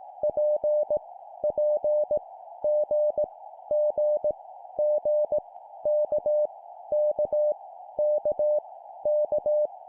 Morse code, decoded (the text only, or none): P P G G G K K K K